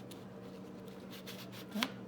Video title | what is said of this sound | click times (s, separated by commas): Skinny Mac ‘n Cheese with Fruit Salad | and turn it till it clicks | 1.8 s